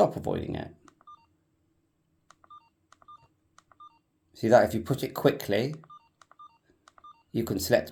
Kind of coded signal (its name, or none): none